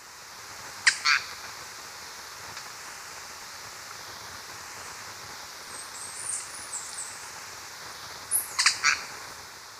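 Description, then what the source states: Golden-winged manakin calls: two rough, crackling bursts about seven seconds apart, with thin high twittering in between and a faint hiss behind. Recorded in Ecuador.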